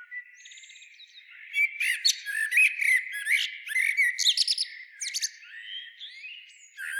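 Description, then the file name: Common blackbird song: after a soft, thin opening, a dense burst of warbled, twittering phrases with squeaky high notes runs for several seconds, then fades. "Turdus merula"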